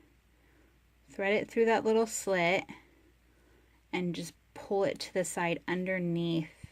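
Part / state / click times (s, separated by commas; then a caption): bobbin thread under the tension spring of a sewing machine bobbin case / not seated / none. On an old sewing machine, thread is pulled through the slit of a metal bobbin case and slid sideways toward the little tension plate (spring) while someone talks. The handling is faint under the speech, and the thread has not yet clicked or seated under the tension spring.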